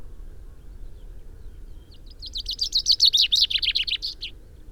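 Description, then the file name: Common chaffinch song: a single phrase of quick repeated notes over a low steady background rumble. "Fringilla coelebs"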